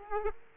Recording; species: mosquito wingbeat signal from an infrared sensor; Aedes aegypti